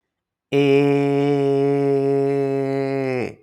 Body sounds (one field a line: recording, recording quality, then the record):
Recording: sustained vowel as in made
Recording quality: excellent, no background noise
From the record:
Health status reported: healthy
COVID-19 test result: negative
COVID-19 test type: RT-PCR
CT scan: not taken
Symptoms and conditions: none ticked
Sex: male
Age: 30 years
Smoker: no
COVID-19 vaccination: one dose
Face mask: not worn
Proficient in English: yes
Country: India